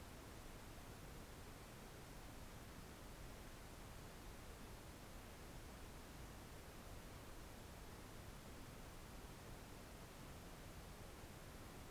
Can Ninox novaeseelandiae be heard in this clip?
no